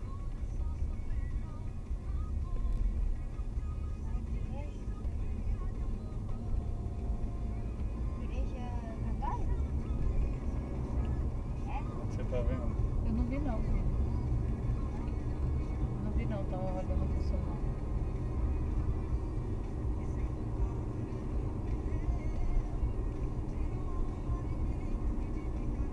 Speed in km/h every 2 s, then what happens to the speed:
37, 43, 44, 52, 63, 69, 76, 83, 87, 88, 87, 85, 85.
0-16 speeds up to 87. 16-26 steady at about 87.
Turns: none.